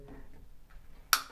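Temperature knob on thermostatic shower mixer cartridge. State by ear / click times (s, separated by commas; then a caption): seated / 1.1 s. After a reversed Grohe thermostatic cartridge is installed, the temperature knob of the thermostatic shower mixer is turned until it locks at the 38 °C safety stop, where a button must be pressed to turn past it. Quiet low handling noise with a faint tap near 0.7 s leads to a single sharp, bright click at 1.1 s. The knob is seated at the stop, securing 38 °C.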